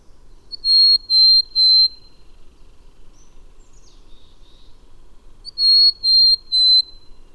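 Bird song: two phrases of three pure high whistles each, about five seconds apart, with a faint, slurred falling note in the pause.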